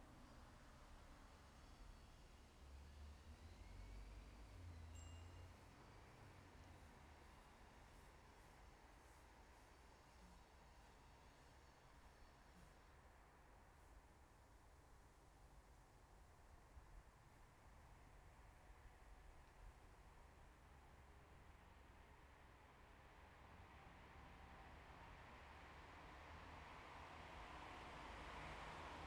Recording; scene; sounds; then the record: everyday scene through a hearing-aid microphone; in traffic; traffic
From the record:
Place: bus stop on a city main road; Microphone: behind the ear, left, rear